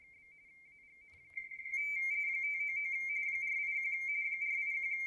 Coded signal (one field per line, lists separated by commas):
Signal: RTTY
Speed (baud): 45.45 baud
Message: 599 481 481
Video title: Mad Cave - Radio - CQ WPX RTTY contest - 2024